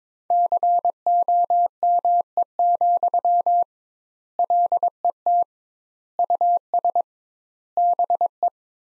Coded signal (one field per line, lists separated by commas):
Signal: Morse code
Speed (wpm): 22 wpm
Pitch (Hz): 700 Hz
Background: none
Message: COME, LET US BE